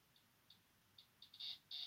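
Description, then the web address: Sabana Surinam toad: soft high ticks quickening into two loud, longer buzzy notes. Male vocalizations. "pipa parva vokalizace samci"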